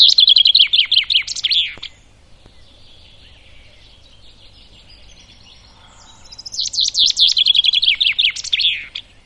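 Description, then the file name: Common chaffinch song: two bright descending trilled phrases ending in a flourish, separated by a pause of several seconds with faint background birds. "fcoelebs"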